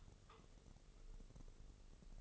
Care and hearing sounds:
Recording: daily activity, microphone in the room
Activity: take from stove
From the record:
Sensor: 4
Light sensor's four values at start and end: 18/50/19/21 and 18/50/19/20

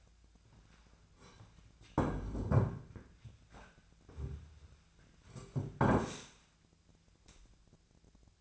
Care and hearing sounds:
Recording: daily activity, microphone in the room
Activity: sit down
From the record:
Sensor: 2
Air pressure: 1008.0 hPa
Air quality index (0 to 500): 180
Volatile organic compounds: 10 ppm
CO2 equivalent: 2209 ppm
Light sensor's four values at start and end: 10/24/10/10 and 10/25/10/10

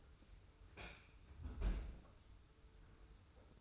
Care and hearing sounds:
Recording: daily activity, microphone in the room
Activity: close fridge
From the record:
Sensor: 2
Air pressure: 990.9 hPa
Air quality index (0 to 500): 124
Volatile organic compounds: 103 ppm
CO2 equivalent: 3773 ppm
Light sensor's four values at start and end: 25/60/24/24 and 25/60/24/24

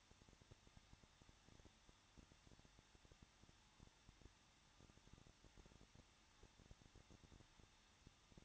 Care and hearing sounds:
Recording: daily activity, microphone in the room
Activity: no activity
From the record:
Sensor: 3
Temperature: 21.2 degrees Celsius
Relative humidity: 36.3%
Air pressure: 1006.3 hPa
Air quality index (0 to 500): 222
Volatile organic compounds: 41 ppm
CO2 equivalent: 3166 ppm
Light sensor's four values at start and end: 2/3/2/2 and 2/3/2/2

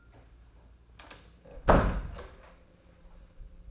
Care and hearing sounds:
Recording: daily activity, microphone in the room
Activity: close door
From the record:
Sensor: 2

